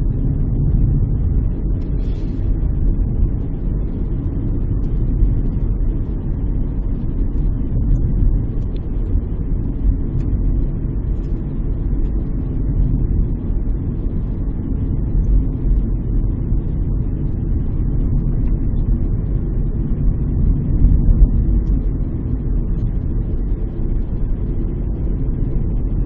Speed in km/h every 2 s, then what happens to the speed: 37, 38, 38, 37, 36, 37, 36, 36, 35, 34, 35, 37, 37.
0-26 steady at about 37.